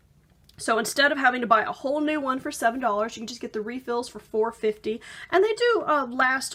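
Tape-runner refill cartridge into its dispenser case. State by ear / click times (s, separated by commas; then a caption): seated / 0.5 s. A new plastic tape-runner refill cartridge is snapped into its reusable adhesive dispenser case after the circles are lined up. It seats with a sharp click at 0.5 s, and then someone talks.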